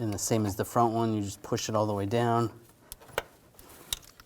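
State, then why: Seated. An ignition coil is pushed all the way down into the spark plug well of a 2006–2010 BMW 550i 4.8L V8 engine while someone talks. After the talking stops, a few short sharp ticks follow, and the coil locks into place with a click at about 3.9 s.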